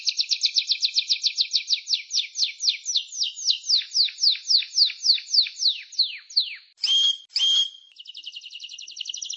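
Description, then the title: Canary song: a fast trill of descending notes that gradually slows into spaced down-slurred chips, then two loud whistled bursts and a soft high rattle. Champion singing canary. "Kicau Burung Kenari Juara"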